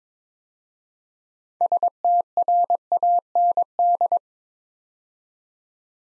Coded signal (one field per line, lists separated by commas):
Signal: Morse code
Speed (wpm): 22 wpm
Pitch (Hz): 700 Hz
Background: none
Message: STRAND